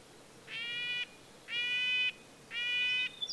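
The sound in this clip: Red-breasted nuthatch giving three steady nasal, horn-like notes, one each second, over quiet background.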